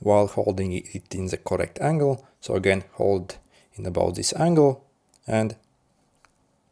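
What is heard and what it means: Someone talks while holding the plastic strap end of a Xiaomi Smart Band 10 at an angle, ready to push it inwards into the fitness band's housing. Nothing has seated or clicked yet.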